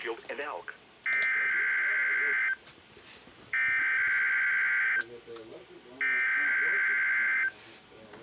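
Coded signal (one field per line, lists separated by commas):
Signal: Emergency Alert System (SAME) tones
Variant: header bursts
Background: speech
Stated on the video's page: Weekly test on NOAA Weather Radio station WXL52.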